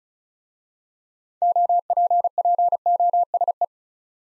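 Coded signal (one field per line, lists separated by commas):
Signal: Morse code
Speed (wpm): 36 wpm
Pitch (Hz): 700 Hz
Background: none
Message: OPPOSE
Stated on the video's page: Morse practice of 6-letter words at 35 wpm; first letters are spoken, then each word is sent twice.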